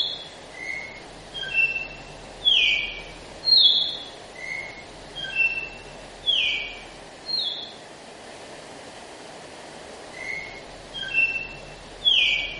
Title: Canto Galo Campina Fêmea 01. Galo de Campina Novo ( Flauta 4 x 4 )